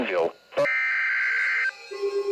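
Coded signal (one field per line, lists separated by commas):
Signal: Emergency Alert System (SAME) tones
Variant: header bursts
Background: speech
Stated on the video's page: Real EAS alerts received on a RadioShack 12-991 weather radio.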